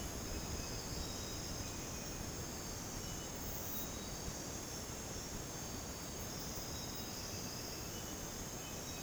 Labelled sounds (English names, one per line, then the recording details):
none
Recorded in dense forest near Puerto Asís, Putumayo, Colombia, on 13 March 2025 at 02:30
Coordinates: 0.486, -76.317
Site G053